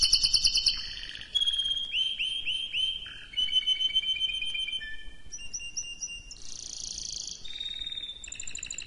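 Canary singing a fast sequence of rising whistled syllables, buzzy trills and bright chirped rolls, changing phrase type every second or two; nothing else is audible.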